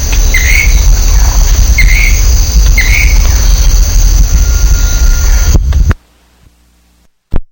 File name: canto do dancador de coroa dourada